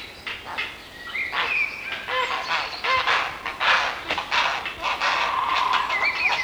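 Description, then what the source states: Grey Heron calls, harsh and irregular, with honking croaks and a drawn-out lower rasp near the end, mixed with brief squealing notes. Field recording from Sweden.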